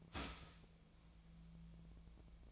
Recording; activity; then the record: daily activity, microphone in the room; start toaster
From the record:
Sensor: 1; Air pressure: 1009.3 hPa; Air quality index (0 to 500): 195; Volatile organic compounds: 19 ppm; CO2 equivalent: 2662 ppm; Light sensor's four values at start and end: 28/71/30/35 and 28/71/30/35